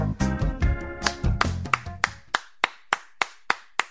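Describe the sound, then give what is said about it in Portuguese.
Someone claps at the door, a steady series of about a dozen sharp, loud hand claps, as Carminha's parents, Seu Dunga and Dona Filó, arrive at the house. Early claps sit over a fading tonal background, and the last ones ring out alone at an even pace. “Ô Jé, deve ser mãe e pai que chegaram. Vai lá abrir a porta.”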